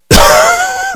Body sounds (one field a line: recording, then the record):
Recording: coughing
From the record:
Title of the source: Coughing 51